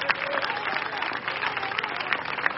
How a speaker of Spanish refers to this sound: Dele aplauso al Señor. Déselo fuerte, corre.